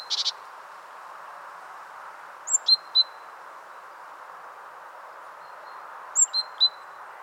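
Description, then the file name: Great tit calls: a brief buzzy burst at the start, then two groups of three sharp high notes a few seconds apart over a steady rushing background. "Parus major"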